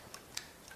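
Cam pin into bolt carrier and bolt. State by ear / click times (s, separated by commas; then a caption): seated / 0.4 s. A steel cam pin is inserted through an AR-15 bolt carrier into the bolt and rotated 90 degrees. Faint metallic ticks come at 0.1 s and 0.7 s around a sharp, bright click at 0.4 s, when the cam pin locks into place and is seated.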